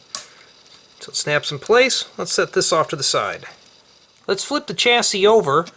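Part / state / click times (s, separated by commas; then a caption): plastic stick-with-holder clip onto trailer hitch of a toy brick chassis / seated / 0.2 s. A plastic stick-with-holder building element is pressed onto the trailer hitch of a plastic brick chassis and snaps in place with a single sharp click at 0.1 seconds. Someone then talks for most of the rest of the clip.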